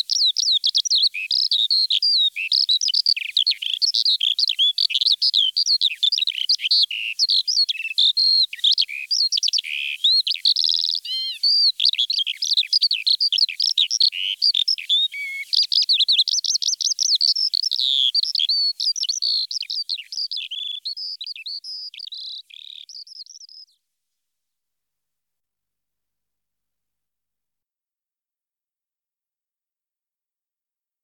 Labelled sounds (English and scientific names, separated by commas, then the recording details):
Eurasian Skylark (Alauda arvensis) song
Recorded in the wild
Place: Neuenwalde / Cuxhaven, Schleswig-Holstein, DE
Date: 1987-05-27
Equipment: Alparon-Reflektor
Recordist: Schwarz, Dieter